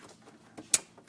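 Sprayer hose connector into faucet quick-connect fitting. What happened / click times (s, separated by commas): The hose connector snapped into its fitting / 0.7 s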